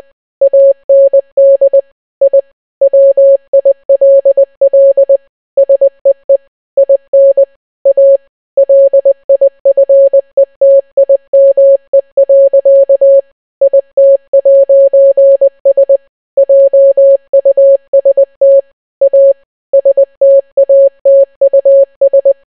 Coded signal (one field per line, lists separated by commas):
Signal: Morse code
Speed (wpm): 20 wpm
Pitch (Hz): 550 Hz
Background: none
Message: AND I WILL SEE IN A LIFETIME. IT'S JUST A STATUS